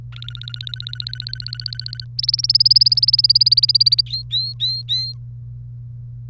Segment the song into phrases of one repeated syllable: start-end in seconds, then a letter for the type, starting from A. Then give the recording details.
0.13-2.04 A, 2.19-4.01 B, 4.06-5.12 C. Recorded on 1 May 2018 at 10:54. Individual llb3